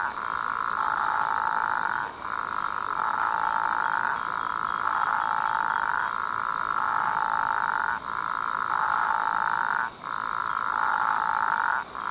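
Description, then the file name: Atlantic dwarf frog calling in long, buzzy, droning notes that run almost nonstop, with brief breaks near two, eight and ten seconds, and faint high ticking above. "Physalaemus atlanticus"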